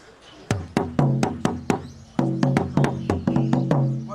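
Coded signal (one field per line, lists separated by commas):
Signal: talking drum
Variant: Asante atumpan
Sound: resonant low drum strokes alternating two pitches in irregular speech-like rhythm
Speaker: when you kill will come so that that's the great Asanti saying isn't it Asanti Coto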